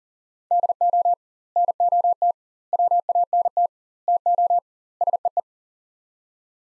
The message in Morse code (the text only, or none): DO NOT WANT TO SEE